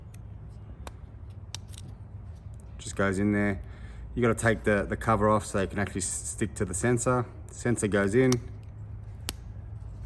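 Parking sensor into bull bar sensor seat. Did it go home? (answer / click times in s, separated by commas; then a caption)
yes / 9.3 s. A parking sensor is pushed into a plastic sensor seat (mount) for a bull bar while someone talks, with a few small ticks and handling sounds in the background. A single sharp click at 9.3 s marks the sensor locking into place in the seat.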